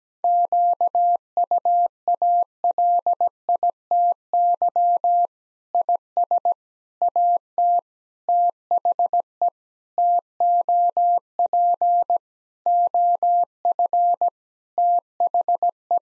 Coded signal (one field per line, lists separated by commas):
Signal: Morse code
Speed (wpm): 17 wpm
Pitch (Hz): 700 Hz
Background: none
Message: QUALITY IS AT THE TOP OF THE